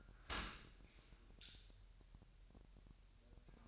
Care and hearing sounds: daily activity, microphone in the room; open dishwasher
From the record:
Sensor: 2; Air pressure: 1000.3 hPa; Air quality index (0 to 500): 245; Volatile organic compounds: 89 ppm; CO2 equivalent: 3678 ppm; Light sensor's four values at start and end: 9/21/8/8 and 9/21/8/8

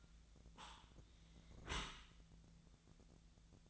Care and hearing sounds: daily activity, microphone in the room; close dishwasher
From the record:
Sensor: 3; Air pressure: 1000.5 hPa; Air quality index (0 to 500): 173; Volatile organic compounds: 3 ppm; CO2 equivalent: 1496 ppm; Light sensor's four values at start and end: 15/40/16/17 and 15/40/16/17

